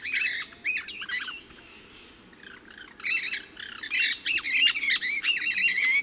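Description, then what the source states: Pyrrhura parakeets giving harsh, screechy chattering calls in quick overlapping bursts, several birds calling together with short pauses between volleys. Resident flock of about 8 birds moving 20-25 m up in trees in a station clearing, about 30 m away, around 12:20 p.m., partly cloudy and hot.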